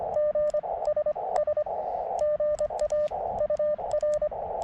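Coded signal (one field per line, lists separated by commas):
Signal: Morse code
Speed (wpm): 24 wpm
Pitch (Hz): 590 Hz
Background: radio noise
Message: GSS GA UR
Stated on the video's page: CW Parks on the Air activation at a state park using a KX2 portable kit, with a few pileups and a steady stream of calls.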